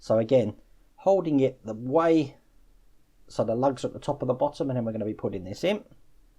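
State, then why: Not seated. An LED is held with its lugs lined up top and bottom, ready to be gently pushed into its plastic eye socket on a 1:2 scale model skull. Someone talks throughout the clip. Nothing has seated or clicked yet.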